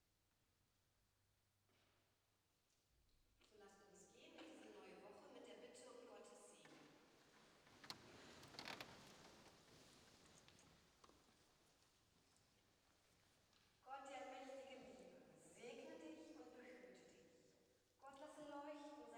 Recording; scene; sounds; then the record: everyday scene through a hearing-aid microphone; reverberant space; speech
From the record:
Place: church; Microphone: in the ear canal, right